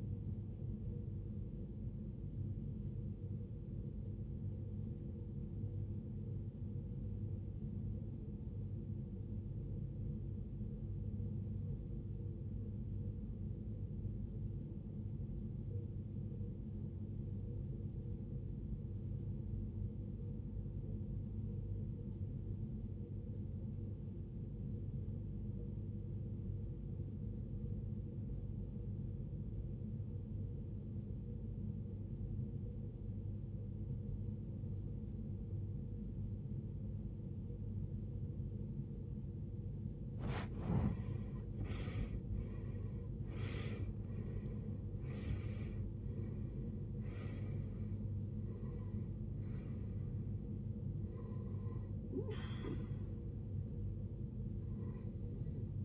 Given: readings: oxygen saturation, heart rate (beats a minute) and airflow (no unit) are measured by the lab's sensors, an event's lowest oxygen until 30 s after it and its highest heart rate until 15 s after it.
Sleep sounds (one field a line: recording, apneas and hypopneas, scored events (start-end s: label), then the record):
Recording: breathing in sleep by a smartphone at the bedside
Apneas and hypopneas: 1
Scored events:
3.00-41.50 s: obstructive apnea (N1, oxygen 94% highest, then 79% lowest, heart rate 54 at the start, 85 highest)
6.00-36.00 s: new sleep stage, REM sleep
36.00-55.85 s: new sleep stage, N1 (lightest sleep)
From the record:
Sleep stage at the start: N1 (lightest sleep)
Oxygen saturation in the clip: 80 to 94%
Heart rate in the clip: 50 to 85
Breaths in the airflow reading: 6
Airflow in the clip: -17.8 to 16.7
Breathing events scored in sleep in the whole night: 389 in 6.3 hours asleep